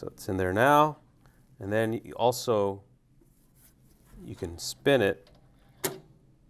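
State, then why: Seated. Someone talks while the reinstalled ribbon spool in a Tissue-Tek Smartwrite slide printer is spun by hand. A short, sharp click is heard at 5.9 s as the spool engages and seats in place, lined up properly.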